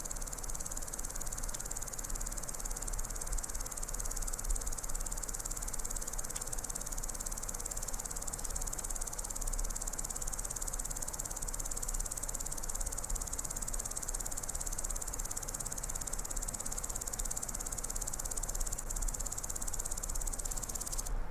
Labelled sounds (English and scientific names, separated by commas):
Common Green Grasshopper (Omocestus viridulus) stridulation